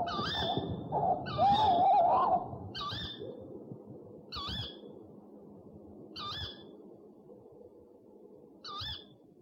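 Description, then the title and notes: Owl calls, a wavering, quavering note near the start and several short, sharp high calls spread throughout. One of 69 call variants from 11 owl species in a compilation of owl voices. "Sovy - Eulen - Owls. 69 variant hlasů - 11 druhů sov"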